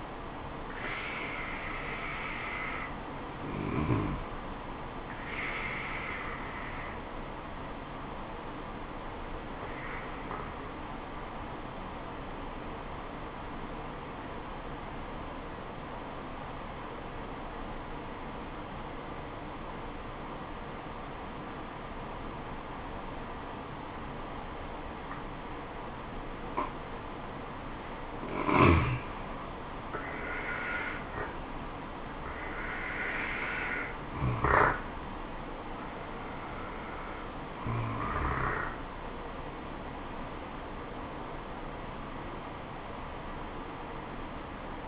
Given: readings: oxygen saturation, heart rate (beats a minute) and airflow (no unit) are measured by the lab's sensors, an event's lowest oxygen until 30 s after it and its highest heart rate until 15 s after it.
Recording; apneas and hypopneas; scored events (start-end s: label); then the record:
breathing in sleep by a voice recorder at the bedside; 1
9.00-29.70 s: obstructive apnea (N2, oxygen 97% highest, then 89% lowest, heart rate 75 at the start, 77 highest)
From the record:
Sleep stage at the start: N2 (light sleep); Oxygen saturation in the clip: 88 to 97%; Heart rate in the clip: 69 to 77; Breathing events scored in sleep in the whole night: 426 in 7.4 hours asleep